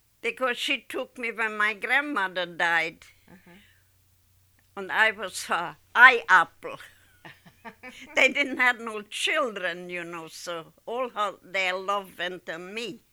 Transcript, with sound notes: Because she took me when my grandmother died, and I was her eye apple. (they laugh) They didn't have no children, you know, so all her, their love went to me.